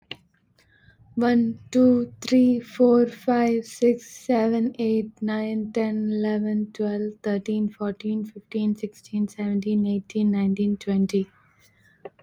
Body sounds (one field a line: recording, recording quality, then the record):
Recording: counting at a normal pace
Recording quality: excellent, no background noise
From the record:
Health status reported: recovered from COVID-19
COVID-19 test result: positive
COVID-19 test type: RT-PCR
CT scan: not taken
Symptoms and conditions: cough, cold, sore throat, fatigue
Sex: female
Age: 26 years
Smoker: no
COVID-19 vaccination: both doses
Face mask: worn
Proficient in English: yes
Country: India